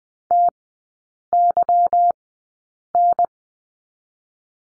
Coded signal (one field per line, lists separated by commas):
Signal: Morse code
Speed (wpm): 20 wpm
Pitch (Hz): 700 Hz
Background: none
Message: TYN